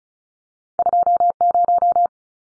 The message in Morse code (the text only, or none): 20